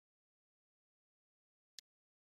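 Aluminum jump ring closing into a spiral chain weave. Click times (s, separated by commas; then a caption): 1.8 s. An anodized aluminum jump ring is twisted closed with bent-nose pliers while closing into a spiral chain weave. In near silence, a single short, bright snap is heard at 1.8 s as the two cut ends (butts) meet. The ring is closed and seated.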